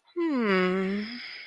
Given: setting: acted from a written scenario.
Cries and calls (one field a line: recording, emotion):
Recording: vocal sound without words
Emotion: desire